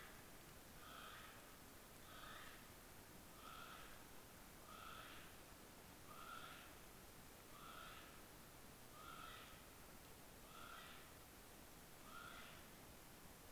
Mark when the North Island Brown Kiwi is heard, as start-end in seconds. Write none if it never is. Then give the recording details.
0.00-12.96. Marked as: faintness 2/5. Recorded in New Zealand on 14 February 2013. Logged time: 02:13. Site DH65